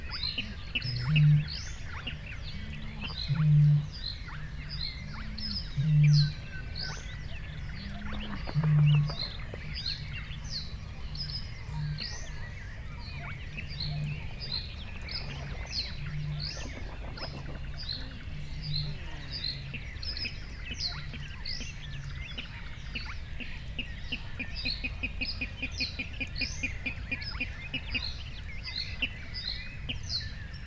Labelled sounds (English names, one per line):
Spotted Crake